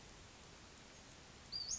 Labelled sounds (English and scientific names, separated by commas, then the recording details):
Western Flycatcher (Empidonax difficilis)
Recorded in Sonoma County, California